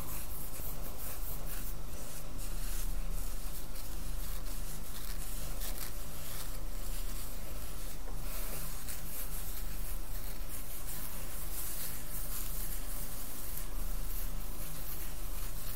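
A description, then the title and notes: Hair being brushed and handled, a dense, steady rustling hiss that fills the whole 16 seconds. Brighter scratchy strokes stand out every second or so at an uneven pace, with a low constant hum underneath. ASMR Relaxing Hair Play & Brushing.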